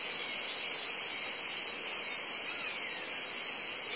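Cicadas hum in an even, high-pitched drone.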